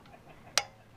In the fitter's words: you hear it click